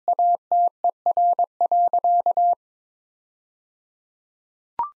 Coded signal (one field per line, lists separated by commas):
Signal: Morse code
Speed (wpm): 22 wpm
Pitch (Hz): 700 Hz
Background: none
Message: ATER.